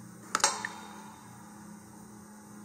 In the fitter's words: and then they will pop into place on those slots